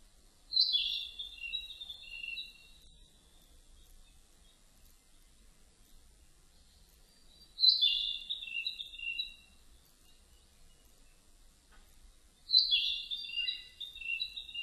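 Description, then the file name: Narcissus flycatcher song, three similar high whistled phrases, each starting sharply and tumbling lower, repeated five to seven seconds apart over a steady quiet hiss. Recorded on 30 April 2005. "050430 kibitaki"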